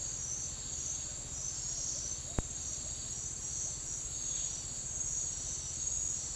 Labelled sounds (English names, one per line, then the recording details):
none
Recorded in secondary vegetation near Puerto Asís, Putumayo, Colombia, on 9 March 2025 at 09:00
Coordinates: 0.499, -76.323
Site G094